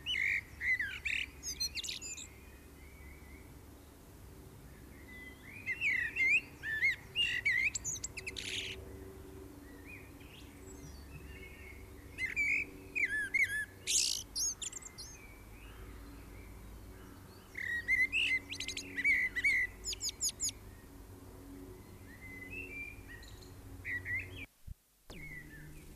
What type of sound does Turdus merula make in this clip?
song